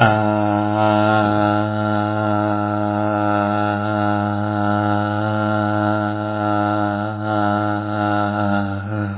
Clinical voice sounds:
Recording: sustained vowel /a/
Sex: male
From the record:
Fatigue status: fatigue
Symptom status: symptomatic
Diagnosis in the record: COVID-19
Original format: 3gp

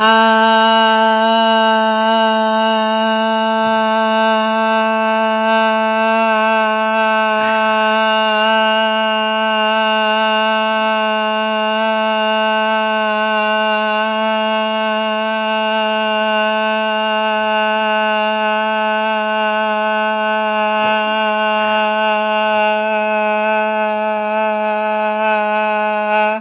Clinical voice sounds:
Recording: sustained vowel /a/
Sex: female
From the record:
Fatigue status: no fatigue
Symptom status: asymptomatic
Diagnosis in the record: COVID-19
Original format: 3gp

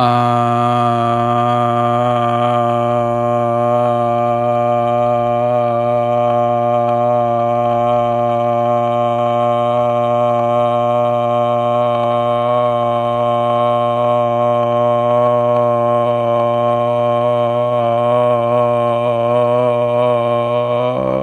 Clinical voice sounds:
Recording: sustained vowel /a/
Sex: male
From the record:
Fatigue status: no fatigue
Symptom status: asymptomatic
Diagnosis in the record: COVID-19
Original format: m4a

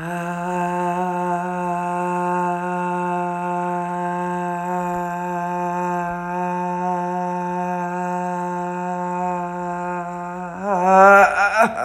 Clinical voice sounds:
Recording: sustained vowel /a/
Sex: male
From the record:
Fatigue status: no fatigue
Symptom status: symptomatic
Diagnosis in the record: COVID-19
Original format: m4a

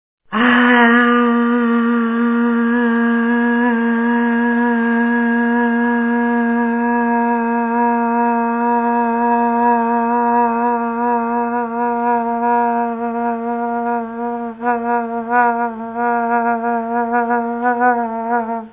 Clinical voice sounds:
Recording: sustained vowel /a/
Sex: female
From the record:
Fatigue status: fatigue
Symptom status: symptomatic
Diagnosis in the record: COVID-19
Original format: 3gp

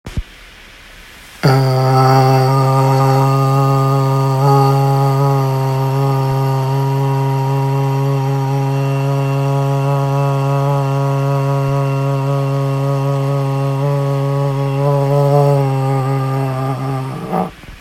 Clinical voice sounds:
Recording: sustained vowel /a/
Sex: male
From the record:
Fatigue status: no fatigue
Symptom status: asymptomatic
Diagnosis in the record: COVID-19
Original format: m4a

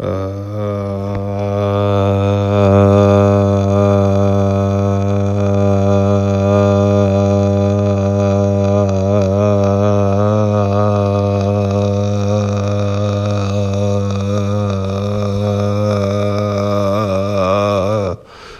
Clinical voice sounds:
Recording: sustained vowel /a/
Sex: male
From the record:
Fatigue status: fatigue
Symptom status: symptomatic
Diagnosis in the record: COVID-19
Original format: m4a

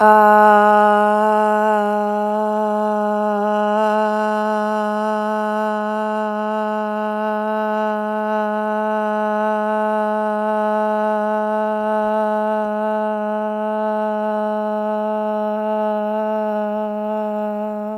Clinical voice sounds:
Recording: sustained vowel /a/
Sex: female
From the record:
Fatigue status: no fatigue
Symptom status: asymptomatic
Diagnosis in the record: COVID-19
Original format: m4a

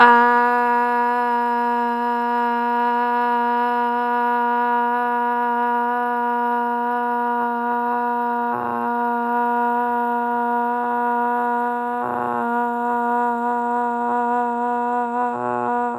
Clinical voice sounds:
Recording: sustained vowel /a/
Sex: female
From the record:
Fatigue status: fatigue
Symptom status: symptomatic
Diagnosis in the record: COVID-19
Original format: m4a

